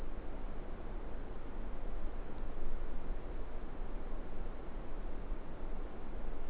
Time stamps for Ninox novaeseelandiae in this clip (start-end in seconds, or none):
none